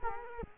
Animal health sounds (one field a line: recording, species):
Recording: mosquito wingbeat signal from an infrared sensor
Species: Culex quinquefasciatus